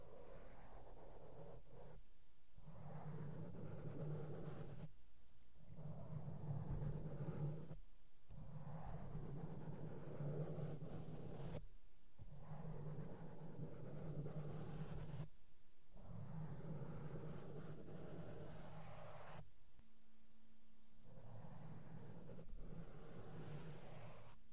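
Makeup brushes sweep over a microphone in a steady, dense wash of soft scratchy rustling with a low rumbling undertone. The brushing pauses briefly about every three to four seconds, with a short low hum near twenty seconds.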